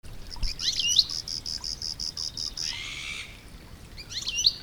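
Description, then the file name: European goldfinch calls: quick liquid twittering notes at the start and end with a brief buzzy burst between, alongside a loud, evenly pulsed cricket chirping in the first half. "Carduelis carduelis"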